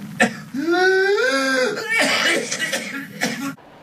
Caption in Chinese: 这个咳嗽声音啊，又非常有特点，他在咳嗽结束以后呢，出现了一个吸气样的吼的声音， 有点像鸡鸣一样，所以我们称之为鸡鸣样的咳嗽。 听到这种声音的时候，指向了一个病，叫百日咳。 百日咳呢，是由百日咳包特菌导致的。